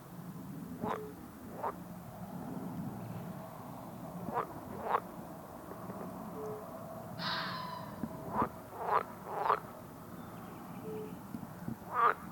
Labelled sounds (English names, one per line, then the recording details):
Red Fox
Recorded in the wild
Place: Bernau bei Berlin, Börnicker Feldflur, Brandenburg, DE
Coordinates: 52.667, 13.625
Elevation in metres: 86
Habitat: open countryside
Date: 2023-05-03 21:31
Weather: 16°C
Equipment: Sound Devices 702, Sennheiser MKH 415 T, Rhode Windschutz
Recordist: Frommolt, Karl-Heinz